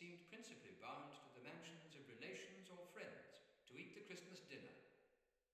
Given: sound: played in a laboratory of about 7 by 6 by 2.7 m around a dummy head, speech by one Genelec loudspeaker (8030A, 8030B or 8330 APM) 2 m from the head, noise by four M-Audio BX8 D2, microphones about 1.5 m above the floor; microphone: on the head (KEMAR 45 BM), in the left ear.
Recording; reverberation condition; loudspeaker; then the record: male speech in English; high; 30 degrees to the left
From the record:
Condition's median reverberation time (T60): about 1300 ms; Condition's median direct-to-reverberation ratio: about -4.0 dB